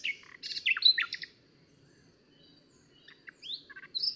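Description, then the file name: Common nightingale song: a cluster of varied sharp chirps and slurred whistles, a second-long silence, then rising whistled notes resuming, over a faint low hum. "Luscinia megarhynchos"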